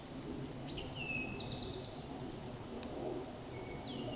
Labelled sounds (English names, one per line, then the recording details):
Eastern Towhee song
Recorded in a Pennsylvania forest on 17 May 2023 at 13:24
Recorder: AudioMoth, point grid1_28_low
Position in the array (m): 46 m, 69 m